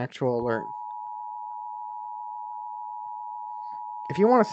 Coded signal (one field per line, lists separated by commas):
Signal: Emergency Alert System (SAME) tones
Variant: 853 and 960 Hz attention tone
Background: speech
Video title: Watching more EAS Scenarios